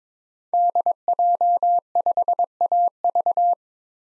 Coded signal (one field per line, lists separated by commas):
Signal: Morse code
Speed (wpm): 21 wpm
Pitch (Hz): 700 Hz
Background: none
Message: DJ5AV